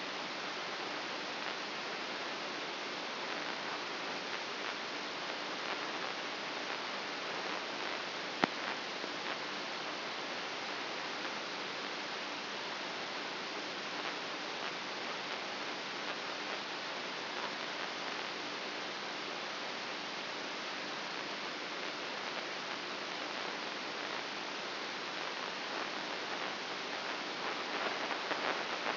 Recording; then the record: brain microelectrode recording played as sound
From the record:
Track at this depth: inside the subthalamic nucleus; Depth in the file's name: 4.24 mm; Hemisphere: right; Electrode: 2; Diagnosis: Parkinson's disease